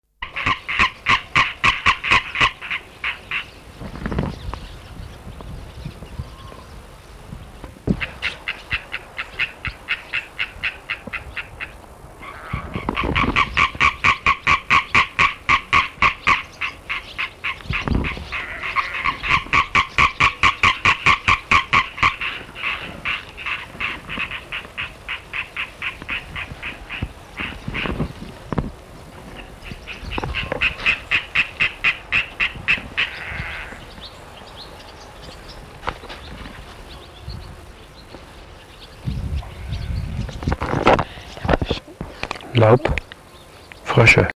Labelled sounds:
Common Tree Frog call
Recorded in the wild
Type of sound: call
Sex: male
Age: adult
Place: Putbus-Wreechen, Insel Rügen, Mecklenburg-Vorpommern, DE
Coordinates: 54.3344, 13.4625
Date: 1964-08-26 11:53
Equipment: Minifon, Sennheiser MD 421, Transistorverstärker, Kopie Smaragd
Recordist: Tembrock, Günter
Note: Rufreihen verschiedener Exemplare

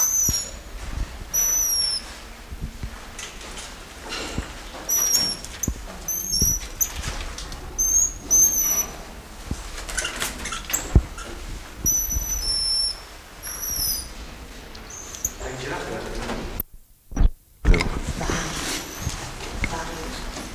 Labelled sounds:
Goeldi's Marmoset
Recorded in captivity
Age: adult
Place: Tiergarten Schönbrunn, Wien, AT
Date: 1999-11-09 16:15
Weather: bedeckt, ca. 6°C
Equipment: Sony WM-D6C, Sennheiser ME 80, Kopie Uher 4000 Report Monitor
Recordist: Tembrock, Günter

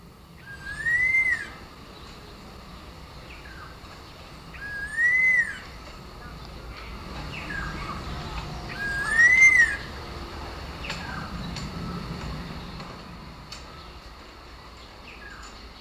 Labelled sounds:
Red-tailed Laughingthrush call
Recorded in captivity
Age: adult
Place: Zoo Berlin, Berlin, DE
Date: 1997-08-19 11:50
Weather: fair, 26-28°C
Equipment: Marantz CP 130, Mikro CE, Kopie Uher 4000 Report Monitor
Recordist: Tembrock, Günter
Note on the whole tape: Laute

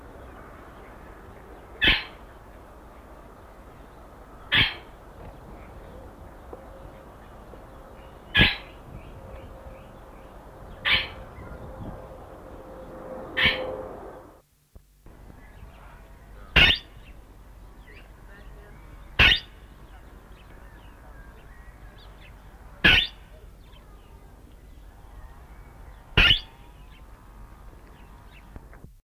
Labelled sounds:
Palawan Peacock-Pheasant call
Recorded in captivity
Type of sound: call
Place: Zoo Jersey, JE
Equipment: Halbspur, 9,5 cm/s
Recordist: Lütgens, Hans
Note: Rufe

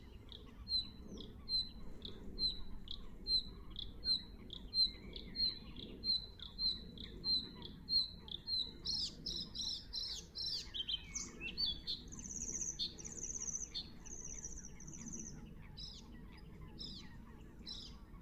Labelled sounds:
Bluethroat song
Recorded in the wild
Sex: male
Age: adult
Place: Kützerhof, Kummerower See, Mecklenburg-Vorpommern, DE
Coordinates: 53.8411, 12.8756
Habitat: wetland
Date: 2010-04-13 20:29
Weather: cloudy, ca. 10°C, weak northerly winds
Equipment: Sound Devices 702, zwei Sennheiser MKH 40, Rycote Windschutz
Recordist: Frommolt, Karl-Heinz

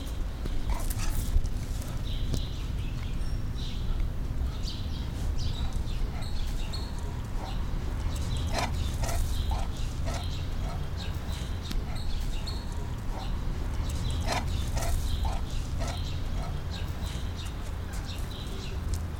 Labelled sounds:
Leopard
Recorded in captivity
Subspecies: saxicolor
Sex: male
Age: adult
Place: Zoo Berlin, Berlin, DE
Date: 1996-07-28 18:26
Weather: bedeckt, 23°C
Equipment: Sony MD-WM MZ-R3, Sennheiser ME 80, Kopie Uher 4000 Report Monitor
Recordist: Tembrock, Günter

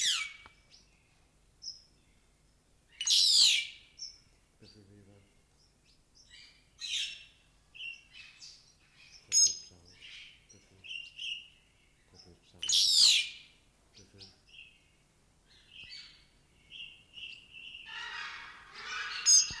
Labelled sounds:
White-headed Buffalo-Weaver
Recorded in captivity
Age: adult
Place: Zoo Berlin, Berlin, DE
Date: 1992-04-04 10:15
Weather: bedeckt, 5-8°C
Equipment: Nagra SN, Mikrofon AKG CK 8, Kopie Tesla B 116
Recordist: Tembrock, Günter

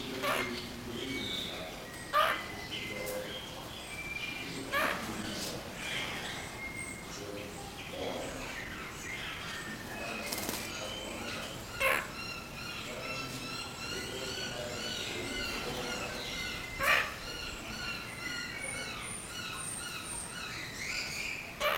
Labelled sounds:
Crowned Lapwing call
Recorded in captivity
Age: adult
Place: Zoo Berlin, Berlin, DE
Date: 1992-05-09 10:31
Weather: wechselnd wolkig, böiger Wind, 10-12°C
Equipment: Nagra SN, Mikrofon AKG CK 8, Kopie Tesla B 116
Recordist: Tembrock, Günter

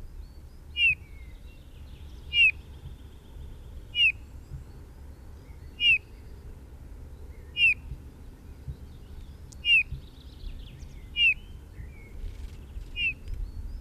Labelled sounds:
Eurasian Bullfinch call
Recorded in the wild
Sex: male
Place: Garmisch-Partenkirchen (Gschwandnerbauer), Bayern, DE
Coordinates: 47.4944, 11.1631
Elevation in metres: 1023
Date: 1969-04-12
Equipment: Uher 4000 Report
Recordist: Tretzel, Erwin

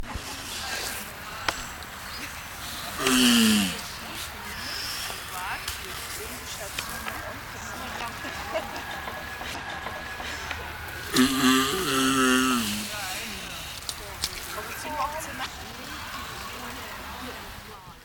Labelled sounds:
Aldabra Giant Tortoise call
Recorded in captivity
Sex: male
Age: adult
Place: Münchner Tierpark Hellabrunn, Bayern, DE
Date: 1993-09-20 11:27
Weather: 17 °C, heiter
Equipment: Marantz CP 430, Sennheiser MKH 416 T, Kopie Uher Variocord 263
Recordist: Tembrock, Günter

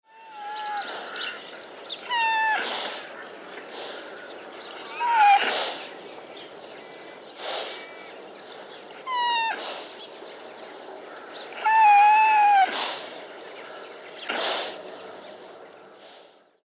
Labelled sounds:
Red Deer
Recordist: Tembrock, Günter
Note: Wapiti: Drohzischen eines Männchens

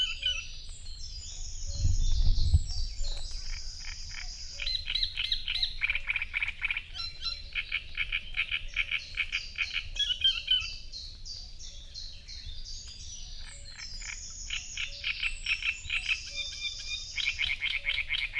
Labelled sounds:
Great Reed Warbler song
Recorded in the wild
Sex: male
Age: adult
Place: Parsteinwerder, Parsteiner See, Brandenburg, DE
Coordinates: 52.9547, 13.975
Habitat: reed
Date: 2007-06-06 05:04
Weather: overcast, ca. 15°C, no wind
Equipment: Sound Devices 702, Sennheiser MKH 416 T, Windkorb
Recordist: Frommolt, Karl-Heinz

